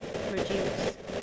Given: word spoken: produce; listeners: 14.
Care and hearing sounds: one English word in noise, from a listening test; noise modulated by three-talker babble; -6.5 dB; 6 of 14; 7 of 14; 0.82 s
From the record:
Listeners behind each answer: 7, 6, 1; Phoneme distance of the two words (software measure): 17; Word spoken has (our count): 2 syllables, 7 phonemes, stress on syllable 2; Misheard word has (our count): 2 syllables, 6 phonemes, stress on syllable 2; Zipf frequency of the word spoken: 4.70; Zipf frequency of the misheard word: 4.54

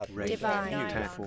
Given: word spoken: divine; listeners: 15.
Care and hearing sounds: one English word in noise, from a listening test; four-talker babble; -1.0 dB; 6 of 15; 7 of 15; 0.88 s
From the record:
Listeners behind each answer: 7, 6, 1, 1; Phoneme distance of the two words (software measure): 10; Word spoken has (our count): 2 syllables, 5 phonemes, stress on syllable 2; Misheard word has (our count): 2 syllables, 5 phonemes, stress on syllable 2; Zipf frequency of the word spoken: 3.92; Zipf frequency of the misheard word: 4.05

